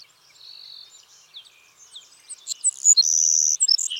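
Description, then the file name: Savannah sparrow song: soft high notes building into a bright, sustained buzzy trill, closing with a couple of clipped chips. "Passerculus sandwichensis - Savannah Sparrow"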